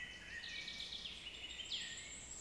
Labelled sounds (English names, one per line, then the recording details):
Common Chaffinch
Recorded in Germany
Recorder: ecoPi